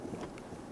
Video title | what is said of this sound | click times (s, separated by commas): How to Replace Door Window Belt Weatherstrip Kit 2007-2021 Toyota Tundra | and you're going to feel it snap into place. | 0.4 s